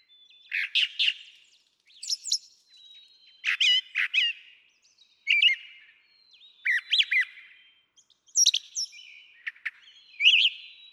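Brown Thrasher song with paired phrases of chirps and harsh notes, each group separated by a short pause.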